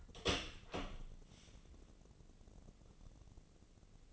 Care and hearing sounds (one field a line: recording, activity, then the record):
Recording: daily activity, microphone in the room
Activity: open door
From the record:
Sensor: 4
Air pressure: 1013.2 hPa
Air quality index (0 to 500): 177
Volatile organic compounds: 2 ppm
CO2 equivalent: 1114 ppm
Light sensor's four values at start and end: 72/175/74/74 and 99/248/102/109